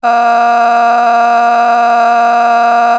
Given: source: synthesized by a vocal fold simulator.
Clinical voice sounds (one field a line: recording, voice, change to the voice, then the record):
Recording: sustained vowel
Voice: female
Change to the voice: a random mix of aspiration noise, stiffness perturbation and strain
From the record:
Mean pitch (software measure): 236 Hz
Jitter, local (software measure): 1.22%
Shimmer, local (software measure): 7.7%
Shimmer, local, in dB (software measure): 0.68 dB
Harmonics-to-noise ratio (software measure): 16.1 dB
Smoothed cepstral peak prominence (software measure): 15.1 dB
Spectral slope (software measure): -17.9 dB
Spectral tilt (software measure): -9.0 dB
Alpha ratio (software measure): -8.4 dB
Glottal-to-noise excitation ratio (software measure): 0.900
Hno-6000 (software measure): 1.9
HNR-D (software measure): 35.9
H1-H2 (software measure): -3.9 dB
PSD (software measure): 6.0e-05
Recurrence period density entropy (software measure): 0.115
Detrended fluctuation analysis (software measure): 0.0112